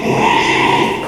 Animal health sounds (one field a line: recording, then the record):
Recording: squeal of a Yucatan mini pig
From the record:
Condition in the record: after surgery on the right vocal fold (resection and tissue-engineered implant)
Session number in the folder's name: 1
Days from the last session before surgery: 6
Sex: male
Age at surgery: 12 weeks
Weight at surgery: 13 kg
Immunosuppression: cyclosporine, prednisolone